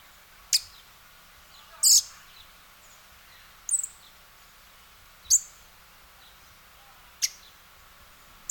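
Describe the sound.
Western red-legged thrush sounding six sharp, high notes at uneven gaps of one to two seconds over a quiet hiss.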